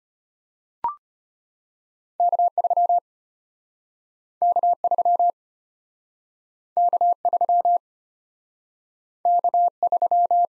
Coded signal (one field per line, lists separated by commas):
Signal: Morse code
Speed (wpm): 33 wpm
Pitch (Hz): 700 Hz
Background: none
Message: K3 K3 K3 K3